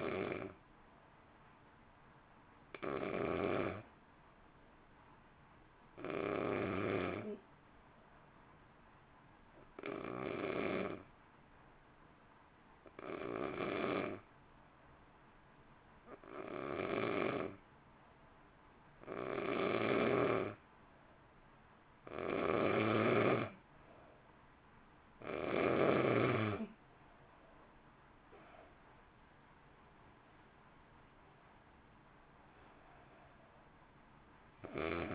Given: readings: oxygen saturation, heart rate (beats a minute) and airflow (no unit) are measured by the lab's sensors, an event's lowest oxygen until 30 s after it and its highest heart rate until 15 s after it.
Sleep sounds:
breathing in sleep by a voice recorder at the bedside; 1
3.00-29.30 s: hypopnea (N1, oxygen 94% highest, then 88% lowest, heart rate 52 at the start, 61 highest)
11.00-35.15 s: new sleep stage, N2 (light sleep)
From the record:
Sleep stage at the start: N1 (lightest sleep); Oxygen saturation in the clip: 89 to 94%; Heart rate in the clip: 50 to 61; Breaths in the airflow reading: 8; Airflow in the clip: -1.3 to 1.7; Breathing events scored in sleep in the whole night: 328 in 6.3 hours asleep

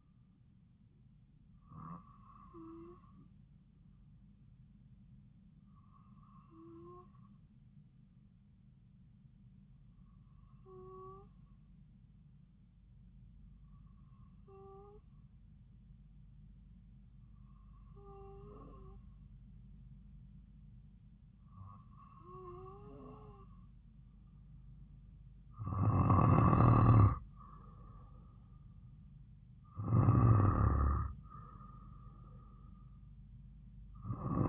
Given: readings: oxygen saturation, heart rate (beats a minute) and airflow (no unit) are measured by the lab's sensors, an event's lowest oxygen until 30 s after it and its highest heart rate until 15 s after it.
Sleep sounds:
breathing in sleep by a smartphone at the bedside; 1
5.00-27.50 s: hypopnea (N2, oxygen 95% highest, then 92% lowest)
From the record:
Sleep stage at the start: N2 (light sleep); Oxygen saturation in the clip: 93 to 95%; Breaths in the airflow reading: 8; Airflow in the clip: -4.5 to 3.5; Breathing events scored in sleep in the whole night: 270 in 6.1 hours asleep

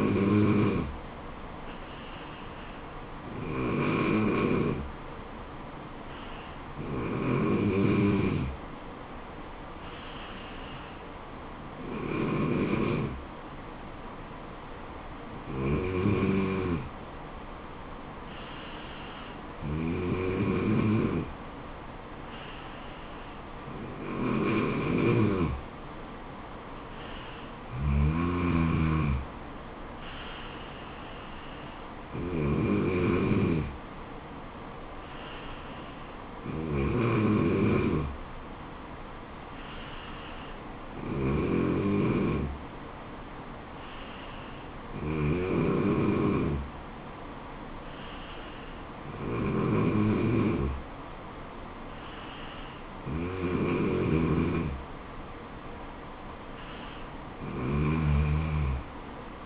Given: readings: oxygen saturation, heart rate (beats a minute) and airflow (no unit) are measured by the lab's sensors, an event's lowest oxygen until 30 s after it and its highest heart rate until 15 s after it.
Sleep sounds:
breathing in sleep by a voice recorder at the bedside; 1
6.00-59.46 s: new sleep stage, N2 (light sleep)
9.00-30.40 s: hypopnea (N2, oxygen 94% highest, then 94% lowest, heart rate 74 at the start, 76 highest)
From the record:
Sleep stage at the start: N3 (deep sleep); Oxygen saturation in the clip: 94 to 95%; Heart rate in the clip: 69 to 76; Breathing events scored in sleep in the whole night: 426 in 7.4 hours asleep

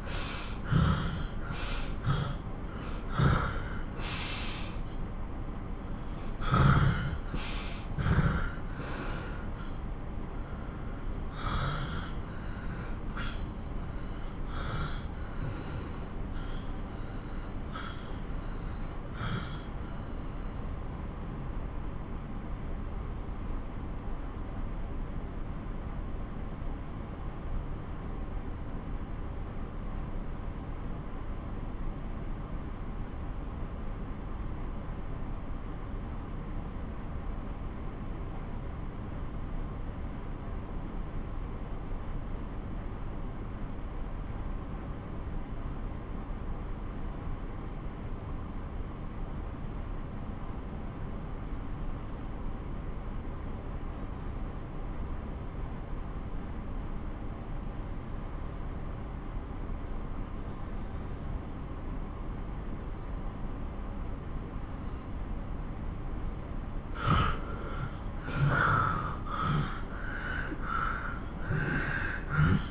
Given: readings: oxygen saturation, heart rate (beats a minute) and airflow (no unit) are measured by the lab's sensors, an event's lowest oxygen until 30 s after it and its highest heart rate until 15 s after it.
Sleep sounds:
breathing in sleep by a smartphone at the bedside; 1
15.00-64.80 s: obstructive apnea (N2, oxygen 96% highest, then 86% lowest)
64.00-72.71 s: new sleep stage, N1 (lightest sleep)
From the record:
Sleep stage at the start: N2 (light sleep); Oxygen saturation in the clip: 78 to 96%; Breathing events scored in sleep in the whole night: 217 in 6.3 hours asleep

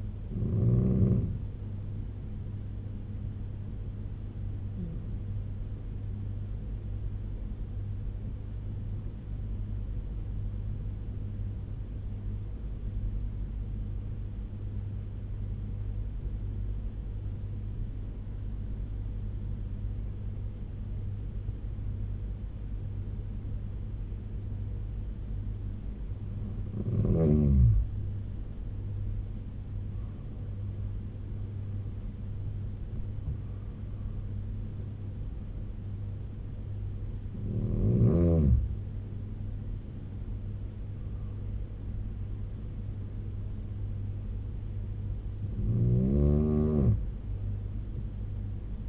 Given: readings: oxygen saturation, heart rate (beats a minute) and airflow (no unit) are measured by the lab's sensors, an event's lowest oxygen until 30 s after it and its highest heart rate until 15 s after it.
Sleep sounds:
breathing in sleep by a smartphone at the bedside; 1
7.00-26.80 s: hypopnea (N2, oxygen 96% highest, then 92% lowest, heart rate 73 at the start, 85 highest)
From the record:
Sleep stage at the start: N2 (light sleep); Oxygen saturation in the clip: 92 to 96%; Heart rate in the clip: 70 to 85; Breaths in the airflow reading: 8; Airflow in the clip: -9.3 to 10.2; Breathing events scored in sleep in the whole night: 201 in 6.5 hours asleep

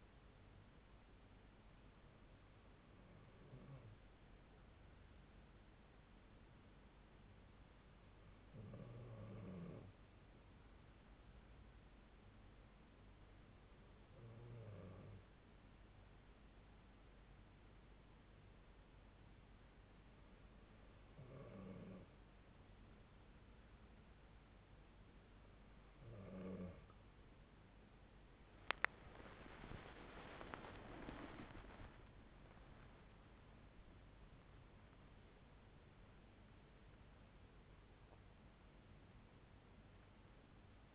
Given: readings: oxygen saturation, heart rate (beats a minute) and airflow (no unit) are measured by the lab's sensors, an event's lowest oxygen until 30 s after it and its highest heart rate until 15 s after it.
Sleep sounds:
breathing in sleep by a voice recorder at the bedside; 1
8.00-27.70 s: hypopnea (N2, oxygen 93% highest, then 92% lowest)
27.00-40.95 s: new sleep stage, N1 (lightest sleep)
From the record:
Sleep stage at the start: N2 (light sleep); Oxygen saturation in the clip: 92 to 93%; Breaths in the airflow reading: 8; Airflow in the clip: -16.0 to 18.4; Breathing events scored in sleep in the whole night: 368 in 8.0 hours asleep

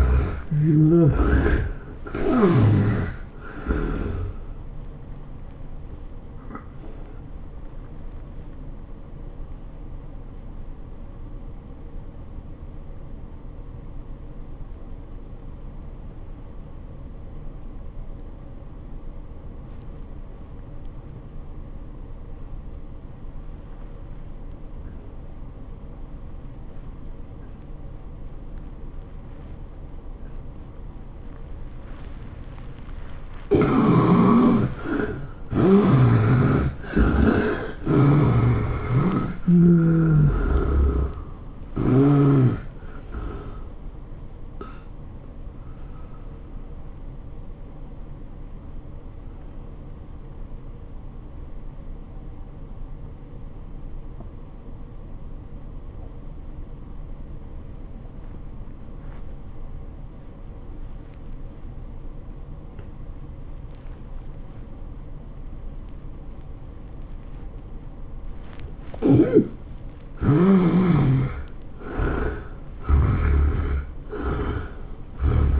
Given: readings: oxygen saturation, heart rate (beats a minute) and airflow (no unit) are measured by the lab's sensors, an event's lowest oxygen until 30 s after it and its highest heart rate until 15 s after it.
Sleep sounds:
breathing in sleep by a smartphone at the bedside; 2
5.00-32.10 s: hypopnea (N1, oxygen 94% highest, then 70% lowest, heart rate 100 at the start, 104 highest)
54.00-67.70 s: obstructive apnea (N1, oxygen 84% highest, then 74% lowest, heart rate 90 at the start, 102 highest)
From the record:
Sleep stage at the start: N1 (lightest sleep); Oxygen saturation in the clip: 70 to 94%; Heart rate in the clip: 81 to 104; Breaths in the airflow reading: 10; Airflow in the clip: -12.4 to 12.3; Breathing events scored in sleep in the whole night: 403 in 5.5 hours asleep

